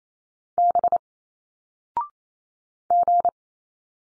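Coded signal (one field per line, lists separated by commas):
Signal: Morse code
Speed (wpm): 28 wpm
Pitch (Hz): 700 Hz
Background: none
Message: B G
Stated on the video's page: Single-letter Morse drill at 28 wpm with a 0.6-second pause; each letter sent, spoken, then sent again.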